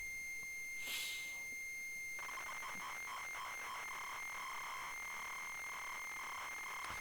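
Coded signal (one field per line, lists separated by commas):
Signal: ZX Spectrum tape loading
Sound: brief hiss burst, then a steady high tone joined by harsh buzzing data warble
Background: tape hiss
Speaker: That's all ones for sure. Ones and zeros.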